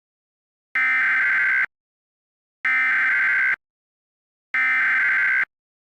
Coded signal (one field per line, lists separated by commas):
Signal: Emergency Alert System (SAME) tones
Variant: header bursts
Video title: EAS Scenario - Windows Vista